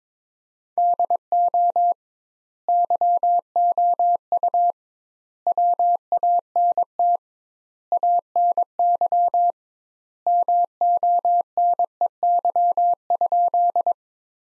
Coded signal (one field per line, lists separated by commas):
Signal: Morse code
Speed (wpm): 22 wpm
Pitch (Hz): 700 Hz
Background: none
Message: DO YOU WANT ANY MONEY?